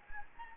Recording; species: mosquito wingbeat signal from an infrared sensor; Anopheles gambiae